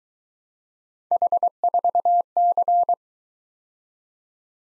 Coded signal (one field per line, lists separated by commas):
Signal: Morse code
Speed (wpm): 22 wpm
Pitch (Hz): 700 Hz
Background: none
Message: H4C